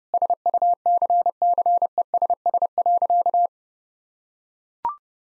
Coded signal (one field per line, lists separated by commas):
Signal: Morse code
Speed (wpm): 30 wpm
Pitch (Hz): 700 Hz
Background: none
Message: SUCCESS.